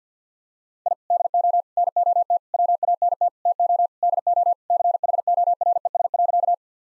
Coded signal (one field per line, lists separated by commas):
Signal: Morse code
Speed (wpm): 50 wpm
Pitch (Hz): 700 Hz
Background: none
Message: I DO NOT WANT TO DO CHORES.